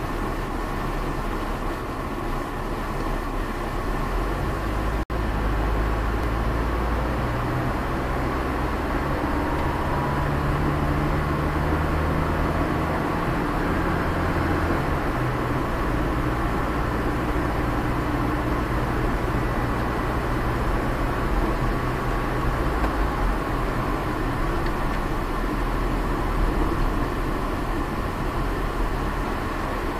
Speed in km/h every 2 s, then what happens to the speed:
22, 17, 18, 21, 26, 32, 36, 40, 42, 43, 42, 42, 40, 36, 26.
4-15 speeds up to 42. 15-23 steady at about 42. 23-30 slows to 26.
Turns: none.